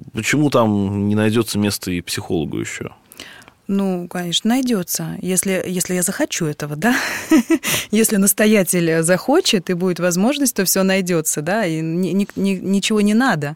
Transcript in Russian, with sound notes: Ну почему там не найдется места и психологу еще?
— Ну, конечно, найдется. Если я захочу этого, да? (Смеется.) Если настоятель захочет и будет возможность, то все найдется. И ничего не надо